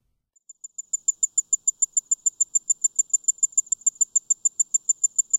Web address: The Songs of Insects. Tinkling Ground Cricket